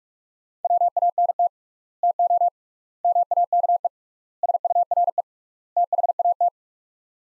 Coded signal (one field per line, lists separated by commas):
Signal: Morse code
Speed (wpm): 46 wpm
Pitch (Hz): 700 Hz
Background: none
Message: WANT TO MAKE SURE THAT